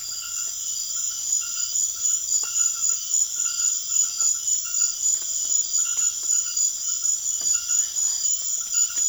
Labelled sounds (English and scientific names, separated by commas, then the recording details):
none
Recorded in secondary vegetation near Puerto Asís, Putumayo, Colombia, on 24 June 2025 at 20:30
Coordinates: 0.500, -76.326
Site GP08